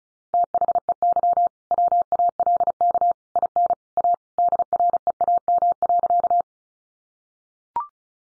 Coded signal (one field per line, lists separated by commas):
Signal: Morse code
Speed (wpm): 34 wpm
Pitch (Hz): 700 Hz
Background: none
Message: THEY WALK IN A DREAM.